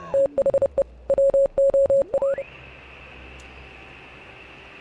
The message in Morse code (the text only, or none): THE WOA